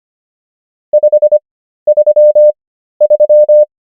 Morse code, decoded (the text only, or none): 533